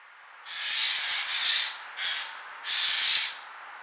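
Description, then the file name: Eurasian jay making four harsh, hoarse screeching calls of varied length in quick succession. "Garrulus glandarius"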